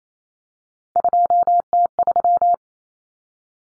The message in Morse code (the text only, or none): 2T3